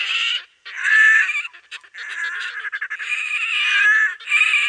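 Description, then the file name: Red-necked grebe calls, harsh braying squeals run together with stuttering, chattering notes between longer wails. "perkozrdzawoszyi"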